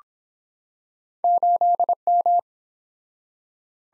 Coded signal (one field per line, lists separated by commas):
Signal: Morse code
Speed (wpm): 24 wpm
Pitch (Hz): 700 Hz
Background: none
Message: 8M